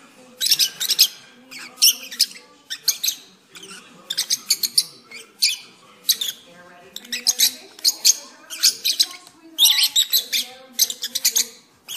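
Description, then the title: Oriental magpie-robin delivering a long, varied song of raspy bursts and short chattering runs, paced unevenly over about twelve seconds. "Kicau Kacer"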